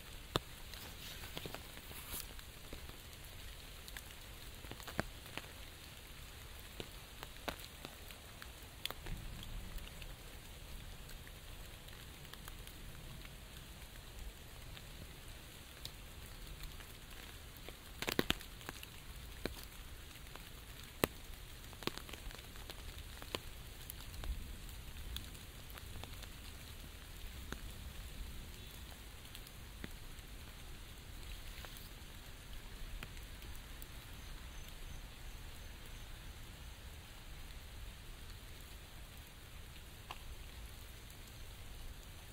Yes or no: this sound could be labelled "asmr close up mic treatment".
no